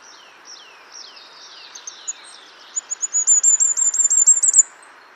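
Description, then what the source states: Firecrest: several thin, descending high notes, then a rapid run of very high repeated notes growing louder and rising slightly in pitch. Male's song and calls; call described as zoo zoo zee zee, slightly lower pitched than goldcrest's, ending in a brief trill; lacks goldcrest's cyclic rhythm; very high pitched, often beyond many seniors' hearing.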